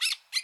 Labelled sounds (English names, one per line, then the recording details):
Brown-throated Parakeet contact call
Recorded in Bonaire
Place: 1 km N of power plant, rd to Republiek
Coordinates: 12.184, -68.285